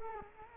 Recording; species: mosquito wingbeat signal from an infrared sensor; Culex quinquefasciatus